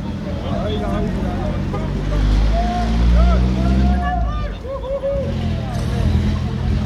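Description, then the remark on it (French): A heavy truck rumbles in, its low engine roar swelling to a peak midway and then fading as it drives past, over steady background noise and murmured voices. “Donc là, il y a le camion jaune qui est en train d'arriver. Le camion qui arrive et c'est passé. Bon, mais les camions sont passés sans encombre, on espère que ça va continuer.”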